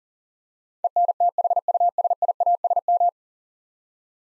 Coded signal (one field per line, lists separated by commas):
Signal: Morse code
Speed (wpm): 40 wpm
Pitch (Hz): 700 Hz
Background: none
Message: ENTHUSIASM